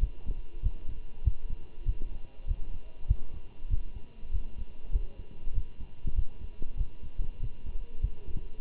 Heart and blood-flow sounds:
heart sounds by stethoscope; between the tricuspid and mitral areas; 97 bpm
0.01 s: heartbeat
0.63 s: heartbeat
1.25 s: heartbeat
1.86 s: heartbeat
2.48 s: heartbeat
3.08 s: heartbeat
3.71 s: heartbeat
4.32 s: heartbeat
4.93 s: heartbeat
5.55 s: heartbeat
6.16 s: heartbeat
6.78 s: heartbeat
7.41 s: heartbeat
8.02 s: heartbeat
From the record:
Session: walking at 3.7 km/h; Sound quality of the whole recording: good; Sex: male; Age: 23 years

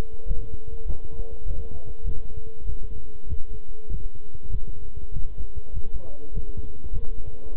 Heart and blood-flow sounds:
heart sounds by stethoscope; between the tricuspid and mitral areas; 99 bpm
0.26 s: heartbeat
0.85 s: heartbeat
1.45 s: heartbeat
2.04 s: heartbeat
2.64 s: heartbeat
3.27 s: heartbeat
3.89 s: heartbeat
4.49 s: heartbeat
5.11 s: heartbeat
5.72 s: heartbeat
6.32 s: heartbeat
6.91 s: heartbeat
7.52 s: heartbeat
From the record:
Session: walking at 3.7 km/h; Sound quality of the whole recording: good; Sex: male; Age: 26 years

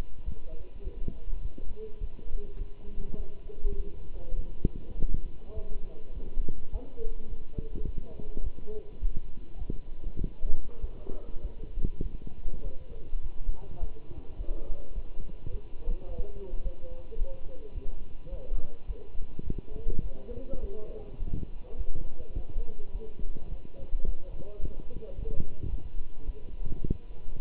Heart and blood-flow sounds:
heart sounds by stethoscope; between the tricuspid and mitral areas; 104 bpm
0.25 s: heartbeat
0.84 s: heartbeat
1.43 s: heartbeat
2.00 s: heartbeat
2.59 s: heartbeat
3.18 s: heartbeat
3.77 s: heartbeat
4.37 s: heartbeat
4.96 s: heartbeat
5.56 s: heartbeat
6.14 s: heartbeat
6.72 s: heartbeat
7.29 s: heartbeat
7.86 s: heartbeat
8.44 s: heartbeat
9.01 s: heartbeat
9.59 s: heartbeat
10.19 s: heartbeat
10.81 s: heartbeat
11.42 s: heartbeat
12.03 s: heartbeat
12.63 s: heartbeat
13.22 s: heartbeat
13.81 s: heartbeat
14.38 s: heartbeat
14.95 s: heartbeat
15.52 s: heartbeat
16.09 s: heartbeat
16.64 s: heartbeat
17.19 s: heartbeat
17.75 s: heartbeat
18.31 s: heartbeat
18.88 s: heartbeat
19.45 s: heartbeat
20.04 s: heartbeat
20.62 s: heartbeat
21.20 s: heartbeat
21.78 s: heartbeat
22.35 s: heartbeat
22.93 s: heartbeat
23.50 s: heartbeat
24.06 s: heartbeat
24.61 s: heartbeat
25.16 s: heartbeat
25.72 s: heartbeat
26.26 s: heartbeat
26.82 s: heartbeat
27.38 s: heartbeat
From the record:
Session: walking at 3.7 km/h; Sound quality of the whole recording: good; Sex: male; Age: 24 years

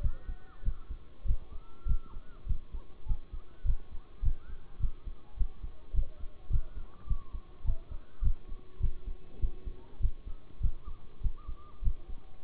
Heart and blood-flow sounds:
heart sounds by stethoscope; between the tricuspid and mitral areas; 101 bpm
0.01 s: heartbeat
0.63 s: heartbeat
1.25 s: heartbeat
1.86 s: heartbeat
2.46 s: heartbeat
3.06 s: heartbeat
3.64 s: heartbeat
4.22 s: heartbeat
4.80 s: heartbeat
5.36 s: heartbeat
5.93 s: heartbeat
6.50 s: heartbeat
7.07 s: heartbeat
7.64 s: heartbeat
8.22 s: heartbeat
8.80 s: heartbeat
9.39 s: heartbeat
10.00 s: heartbeat
10.60 s: heartbeat
11.21 s: heartbeat
11.82 s: heartbeat
12.43 s: heartbeat
From the record:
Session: bicycle stress test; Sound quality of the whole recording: good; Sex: male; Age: 26 years

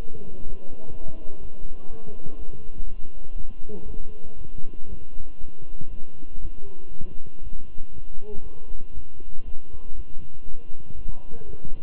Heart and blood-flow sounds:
heart sounds by stethoscope; between the tricuspid and mitral areas; 120 bpm
0.43 s: heartbeat
0.92 s: heartbeat
1.41 s: heartbeat
1.90 s: heartbeat
2.39 s: heartbeat
2.87 s: heartbeat
3.36 s: heartbeat
3.86 s: heartbeat
4.37 s: heartbeat
4.88 s: heartbeat
5.40 s: heartbeat
5.90 s: heartbeat
6.41 s: heartbeat
6.92 s: heartbeat
7.43 s: heartbeat
7.93 s: heartbeat
8.42 s: heartbeat
8.93 s: heartbeat
9.44 s: heartbeat
9.95 s: heartbeat
10.45 s: heartbeat
10.95 s: heartbeat
11.45 s: heartbeat
From the record:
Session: walking at 3.7 km/h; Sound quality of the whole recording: good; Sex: male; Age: 23 years

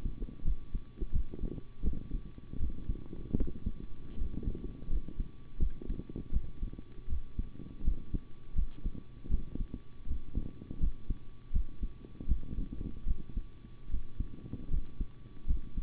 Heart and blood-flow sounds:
heart sounds by stethoscope; between the tricuspid and mitral areas; 80 bpm
0.43 s: heartbeat
1.12 s: heartbeat
1.83 s: heartbeat
2.58 s: heartbeat
3.35 s: heartbeat
4.16 s: heartbeat
4.88 s: heartbeat
5.58 s: heartbeat
6.31 s: heartbeat
7.08 s: heartbeat
7.83 s: heartbeat
8.54 s: heartbeat
9.29 s: heartbeat
10.06 s: heartbeat
10.79 s: heartbeat
11.52 s: heartbeat
12.27 s: heartbeat
13.06 s: heartbeat
13.89 s: heartbeat
14.69 s: heartbeat
15.46 s: heartbeat
From the record:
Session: rest, sitting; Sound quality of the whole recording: good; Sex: male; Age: 25 years

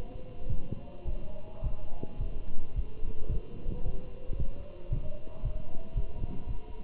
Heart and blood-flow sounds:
heart sounds by stethoscope; between the tricuspid and mitral areas; 110 bpm
0.50 s: heartbeat
1.07 s: heartbeat
1.64 s: heartbeat
2.20 s: heartbeat
2.76 s: heartbeat
3.31 s: heartbeat
3.86 s: heartbeat
4.39 s: heartbeat
4.92 s: heartbeat
5.45 s: heartbeat
5.97 s: heartbeat
6.48 s: heartbeat
From the record:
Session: walking at 3.7 km/h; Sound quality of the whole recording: good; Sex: male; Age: 27 years

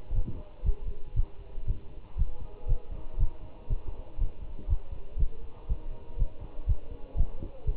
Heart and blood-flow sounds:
heart sounds by stethoscope; between the tricuspid and mitral areas; 120 bpm
0.15 s: heartbeat
0.66 s: heartbeat
1.17 s: heartbeat
1.68 s: heartbeat
2.18 s: heartbeat
2.69 s: heartbeat
3.20 s: heartbeat
3.70 s: heartbeat
4.20 s: heartbeat
4.70 s: heartbeat
5.19 s: heartbeat
5.69 s: heartbeat
6.19 s: heartbeat
6.68 s: heartbeat
7.17 s: heartbeat
7.67 s: heartbeat
From the record:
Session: Bruce protocol treadmill stress test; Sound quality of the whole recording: good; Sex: male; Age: 25 years

